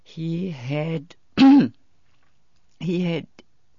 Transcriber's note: coughs